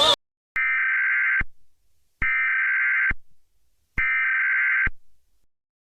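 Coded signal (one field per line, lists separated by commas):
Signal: Emergency Alert System (SAME) tones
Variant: header bursts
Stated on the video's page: Fictional EAS scenario based on a novel, made for entertainment only.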